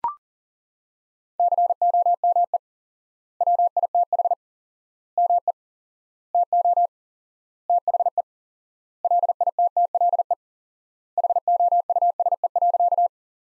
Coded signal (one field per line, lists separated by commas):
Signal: Morse code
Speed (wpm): 40 wpm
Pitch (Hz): 700 Hz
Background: none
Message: COME WITH ME TO THE LITTLE HOUSE.